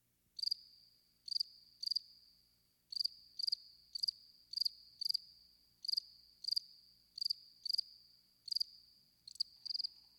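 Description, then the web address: Cricket chirping, short pulsed bursts of a high, steady tone repeated at uneven intervals of about half a second to a second, with faint low hum beneath. "mmainguy immersive 2. crickets"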